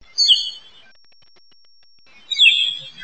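Northern flicker calls: two harsh notes, each about half a second long and roughly two seconds apart, with a quiet background between them.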